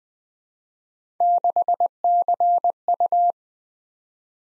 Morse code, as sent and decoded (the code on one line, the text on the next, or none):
-.... -.-. ..-
6CU